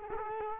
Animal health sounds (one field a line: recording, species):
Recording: mosquito wingbeat signal from an infrared sensor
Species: Culex quinquefasciatus